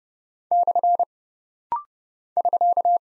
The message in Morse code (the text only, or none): / <SK>